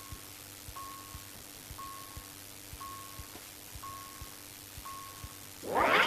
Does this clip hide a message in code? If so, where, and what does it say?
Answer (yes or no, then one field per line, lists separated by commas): no